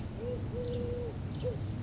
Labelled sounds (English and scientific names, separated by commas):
Eurasian Collared Dove (Streptopelia decaocto)